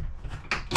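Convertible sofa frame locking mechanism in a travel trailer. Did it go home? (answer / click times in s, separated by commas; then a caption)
no / none. A convertible sofa frame locking mechanism in a travel trailer is handled, giving a low rumble followed by two sharp knocks at about 0.5 s and 0.8 s. Nothing has seated or locked in yet.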